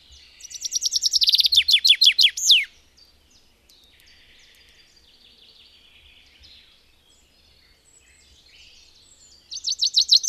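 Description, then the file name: Common chaffinch song phrase of fast, cascading high notes ending in a flourish, then about seven seconds of faint chirps before the next phrase starts. "erdei pinty"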